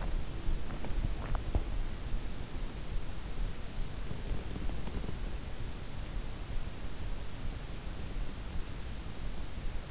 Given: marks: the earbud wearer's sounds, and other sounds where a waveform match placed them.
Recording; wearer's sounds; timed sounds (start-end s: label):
sounds in sleep by an in-ear microphone; swallowing, body movement
0.00-1.67 s: swallowing
4.01-5.27 s: body movement